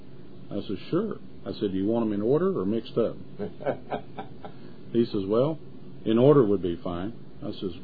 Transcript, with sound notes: I says, "Sure." I said, "Do you want them in order or mixed up?"
(laughs)
He says, "Well, in order would be fine."